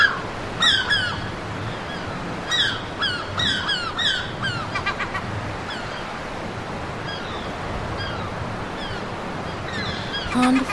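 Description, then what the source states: Gulls calling, bursts of harsh, downslurred squawks in quick clusters during the first five seconds, then quieter calls near the end over steady surf-like background noise. Seagulls at a beach.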